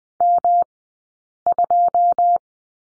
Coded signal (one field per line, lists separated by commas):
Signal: Morse code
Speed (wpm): 20 wpm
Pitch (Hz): 700 Hz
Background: none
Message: M2